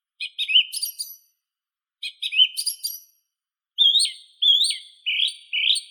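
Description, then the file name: Song thrush song: two matching scratchy phrases repeated, then a run of loud, falling whistled notes repeated several times. "Neizvesten - Drozd pevchij Turdus philomelos (Zvyki com)"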